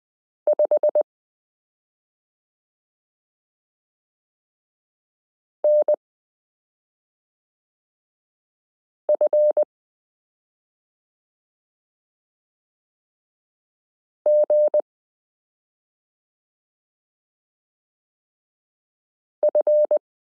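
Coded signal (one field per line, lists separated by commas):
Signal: Morse code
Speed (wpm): 20 wpm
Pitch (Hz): 600 Hz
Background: none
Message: 5NFGF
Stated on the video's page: Morse listening lesson 24 of a 72-part Koch-method variation series, introducing the letter q.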